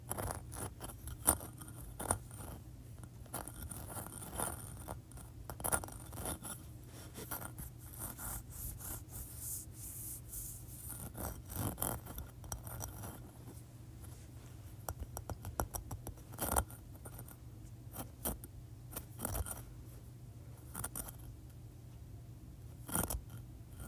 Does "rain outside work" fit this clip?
no